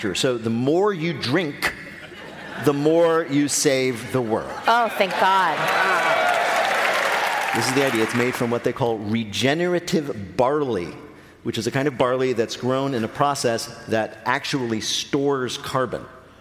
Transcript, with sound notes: So the more you drink, the more you save the world.
Oh, thank God.
(APPLAUSE)
This is the idea. It's made from what they call regenerative barley, which is a kind of barley that's grown in a process that actually stores carbon.